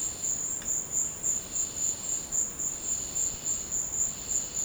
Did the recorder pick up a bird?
no